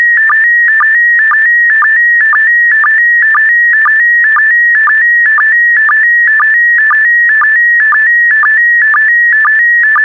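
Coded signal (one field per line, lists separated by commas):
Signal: SSTV (slow-scan television)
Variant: PD120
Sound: warbling steady tone with a short low sync blip about twice a second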